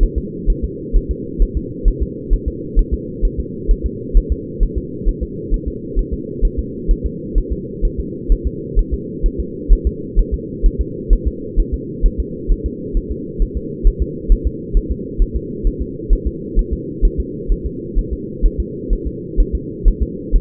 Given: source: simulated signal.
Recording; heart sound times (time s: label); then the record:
fetal heart sounds
0.03 s: S1
0.18 s: S2
0.50 s: S1
0.64 s: S2
0.96 s: S1
1.11 s: S2
1.42 s: S1
1.57 s: S2
1.88 s: S1
2.02 s: S2
2.33 s: S1
2.48 s: S2
2.79 s: S1
2.94 s: S2
3.25 s: S1
3.40 s: S2
3.71 s: S1
3.86 s: S2
4.17 s: S1
4.32 s: S2
4.63 s: S1
4.78 s: S2
5.08 s: S1
5.23 s: S2
5.54 s: S1
5.68 s: S2
5.99 s: S1
6.14 s: S2
6.45 s: S1
6.59 s: S2
6.91 s: S1
7.06 s: S2
7.38 s: S1
7.53 s: S2
7.85 s: S1
8.00 s: S2
8.32 s: S1
8.47 s: S2
8.79 s: S1
8.94 s: S2
9.26 s: S1
9.40 s: S2
9.72 s: S1
9.87 s: S2
10.19 s: S1
10.34 s: S2
10.66 s: S1
10.81 s: S2
11.13 s: S1
11.28 s: S2
11.60 s: S1
11.74 s: S2
12.06 s: S1
12.20 s: S2
12.52 s: S1
12.66 s: S2
12.97 s: S1
13.12 s: S2
13.42 s: S1
13.57 s: S2
13.87 s: S1
14.02 s: S2
14.32 s: S1
14.47 s: S2
14.77 s: S1
14.91 s: S2
15.22 s: S1
15.37 s: S2
15.67 s: S1
15.82 s: S2
16.13 s: S1
16.27 s: S2
16.59 s: S1
16.73 s: S2
17.05 s: S1
17.20 s: S2
17.52 s: S1
17.66 s: S2
17.99 s: S1
18.13 s: S2
18.45 s: S1
18.60 s: S2
18.93 s: S1
19.07 s: S2
19.40 s: S1
19.55 s: S2
19.88 s: S1
20.03 s: S2
20.36 s: S1
From the record:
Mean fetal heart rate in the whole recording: 130 bpm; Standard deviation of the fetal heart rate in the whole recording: 2 bpm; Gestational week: 38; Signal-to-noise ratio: -4.1 dB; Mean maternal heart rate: no maternal heart sound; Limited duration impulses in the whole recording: absent